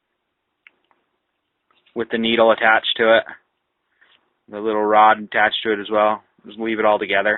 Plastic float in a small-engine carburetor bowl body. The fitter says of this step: right in the middle. Hear a snap. It'll come up